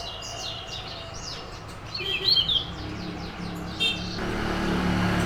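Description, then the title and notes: Birds singing, with short chirps and a brief bright twittering phrase near the middle over a steady low traffic rumble, as a car passes toward the end. Birds singing at a neighbour's house, car passing; Brazil, 9 June 2017, 06:00; recorded on a Sony PCM-D50 handheld recorder, stereo. "Pássaros cantando na casa do vizinho, carro passando. Data: 09/06/2017 Horário: 06:00 Gravado com gravador de mão Sony PCM-D50. Som captado por: Hanna Vasconcelos."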